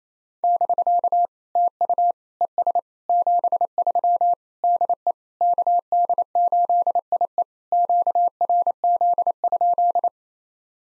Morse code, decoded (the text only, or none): <BK> TU ES 73 DE KD8IE QRZ?